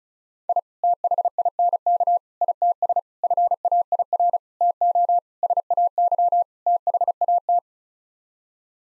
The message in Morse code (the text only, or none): I THINK ITS FAIR TO SAY THAT